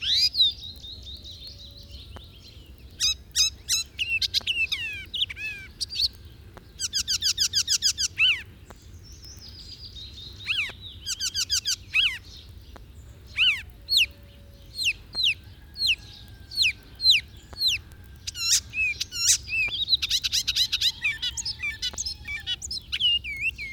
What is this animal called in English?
Icterine Warbler